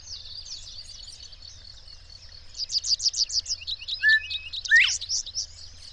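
Bird song: a rapid run of high, sharp chirps building midway, with a brief whistled note and a steep downward sweep near the end.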